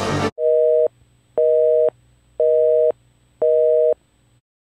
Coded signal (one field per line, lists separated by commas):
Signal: telephone call progress tone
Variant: North America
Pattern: busy tone